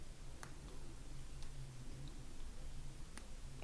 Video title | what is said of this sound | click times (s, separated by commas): Hornby HM7000 DCC system, amazing low cost DCC sound and Bluetooth control! | Yeah, little click, and that's definitely in. | 3.2 s